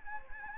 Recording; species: mosquito wingbeat signal from an infrared sensor; Anopheles arabiensis